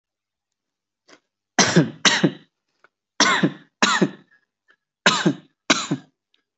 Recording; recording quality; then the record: shallow voluntary cough; moderate, slight background noise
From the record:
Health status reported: healthy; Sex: male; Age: 24 years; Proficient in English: yes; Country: India